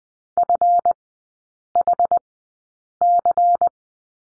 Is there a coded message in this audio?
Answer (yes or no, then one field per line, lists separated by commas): yes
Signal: Morse code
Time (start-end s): 0.4-3.7 s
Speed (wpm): 20 wpm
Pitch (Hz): 700 Hz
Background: none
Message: FHC